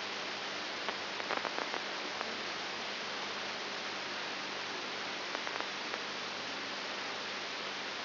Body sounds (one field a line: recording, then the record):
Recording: brain microelectrode recording played as sound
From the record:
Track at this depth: inside the subthalamic nucleus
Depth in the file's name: 6.501 mm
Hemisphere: left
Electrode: 3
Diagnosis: Parkinson's disease